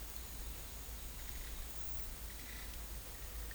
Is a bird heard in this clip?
no